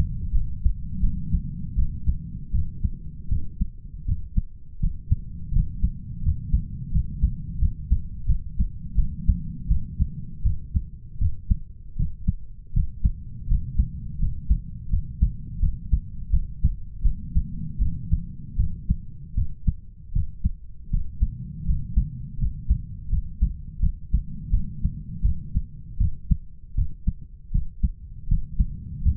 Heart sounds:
heart sounds by stethoscope; 82 bpm
0.33 s: heartbeat
1.01 s: heartbeat
1.77 s: heartbeat
2.53 s: heartbeat
3.30 s: heartbeat
4.06 s: heartbeat
4.81 s: heartbeat
5.53 s: heartbeat
6.23 s: heartbeat
6.92 s: heartbeat
7.59 s: heartbeat
8.27 s: heartbeat
8.96 s: heartbeat
9.69 s: heartbeat
10.44 s: heartbeat
11.19 s: heartbeat
11.97 s: heartbeat
12.74 s: heartbeat
13.48 s: heartbeat
14.19 s: heartbeat
14.90 s: heartbeat
15.60 s: heartbeat
16.31 s: heartbeat
17.03 s: heartbeat
17.79 s: heartbeat
18.57 s: heartbeat
19.35 s: heartbeat
20.13 s: heartbeat
20.91 s: heartbeat
21.66 s: heartbeat
22.39 s: heartbeat
23.10 s: heartbeat
23.80 s: heartbeat
24.51 s: heartbeat
25.23 s: heartbeat
25.98 s: heartbeat
26.75 s: heartbeat
27.52 s: heartbeat
28.28 s: heartbeat
29.02 s: heartbeat
From the record:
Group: healthy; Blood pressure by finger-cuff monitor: 114/68 mmHg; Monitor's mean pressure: 83 mmHg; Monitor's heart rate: 82 bpm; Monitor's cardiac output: 8.1 L/min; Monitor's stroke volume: 97 mL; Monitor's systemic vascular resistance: 750 dyn s/cm5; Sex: male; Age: 33 years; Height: 179 cm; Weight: 80.4 kg

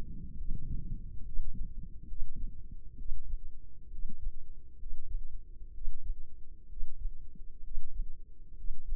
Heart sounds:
heart sounds by microphone in the left ear; 66 bpm
0.36 s: heartbeat
1.23 s: heartbeat
2.06 s: heartbeat
2.96 s: heartbeat
3.89 s: heartbeat
4.76 s: heartbeat
5.71 s: heartbeat
6.67 s: heartbeat
7.61 s: heartbeat
8.54 s: heartbeat
From the record:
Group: healthy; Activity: rest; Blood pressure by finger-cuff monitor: 133/73 mmHg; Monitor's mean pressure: 88 mmHg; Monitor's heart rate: 67 bpm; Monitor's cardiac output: 5.4 L/min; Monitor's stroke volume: 80 mL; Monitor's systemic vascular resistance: 1250 dyn s/cm5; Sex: male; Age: 20 years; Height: 167 cm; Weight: 61 kg

